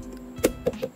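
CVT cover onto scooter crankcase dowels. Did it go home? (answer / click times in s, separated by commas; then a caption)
yes / 0.4 s. A scooter CVT cover on an Mxi 125 is pushed onto its alignment dowels against the crankcase and seats flush with a sharp knock at 0.5 s. A second, softer knock follows at about 0.7 s over a low background hum. The cover has sat down properly.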